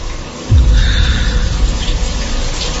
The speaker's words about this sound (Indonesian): Dan tiba-tiba, ya Tuhan, terdengar shower kamar mandi ini menyala sendiri.